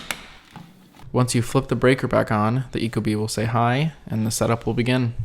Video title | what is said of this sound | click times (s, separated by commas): Ecobee 4 Unboxing, Installation & Detailed Review | you just pop it on you'll hear a nice snap once | 0.1 s